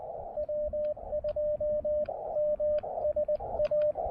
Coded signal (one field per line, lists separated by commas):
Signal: Morse code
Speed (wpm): 19 wpm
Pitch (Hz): 600 Hz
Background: radio noise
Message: W2MSA